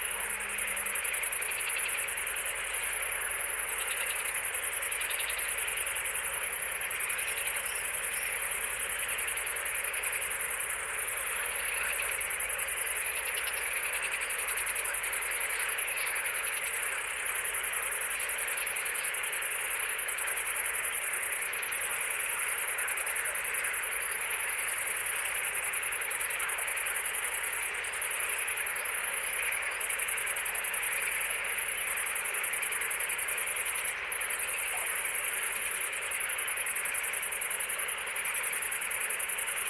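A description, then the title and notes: A dense, unbroken chorus of frogs calling near and far fills the night, with bright insect trills steady above and occasional brief ticks. Summer night on a small island in the Danube Delta. Countless frogs call from various distances and a few insects stridulate in a bush nearby. Danube Delta - Summer Night - Frogs And Insects.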